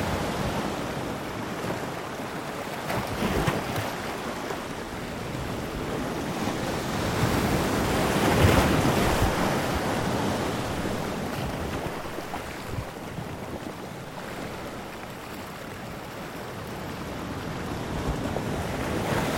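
Storm-surge waves wash against coastal rocks in a dense, continuous roar of churning water. The surge swells to its loudest around the middle as a big wash breaks, then eases back. Gusting wind rumbles low against the microphone throughout.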